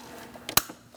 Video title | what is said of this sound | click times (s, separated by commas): How to Replace Vapor Canister Purge Valve 2000-2006 Mini Cooper 1.6L L4 | Push it on. Make sure it's clicked into place. | 0.6 s